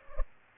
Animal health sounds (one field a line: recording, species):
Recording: mosquito wingbeat signal from an infrared sensor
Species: Culex pipiens